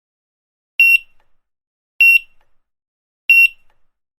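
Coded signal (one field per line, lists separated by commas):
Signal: none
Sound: checkout scanner beeps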